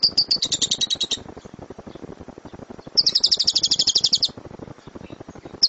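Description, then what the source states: Lovebird song as two dense, shrill trilled bursts, each lasting about a second, separated by a quieter pause, with another burst starting at the end. Champion lovebird singing as a competition bird.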